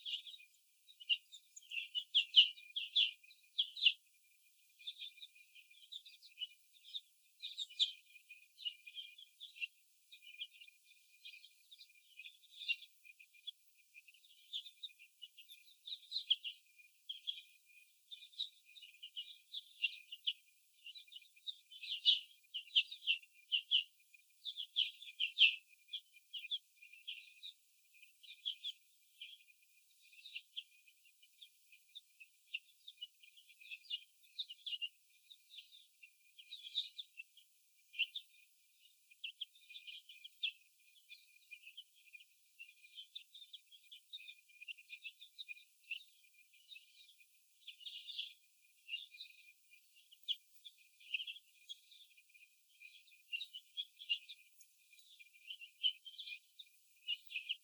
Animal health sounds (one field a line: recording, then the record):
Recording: young laying hens in a cage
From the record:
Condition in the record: after the stressor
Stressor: sudden umbrella opening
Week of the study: 2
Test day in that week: 1